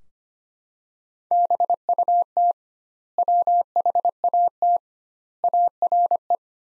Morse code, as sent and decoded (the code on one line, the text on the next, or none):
-... ..- - / .-- .... .- - / .- .-. .
BUT WHAT ARE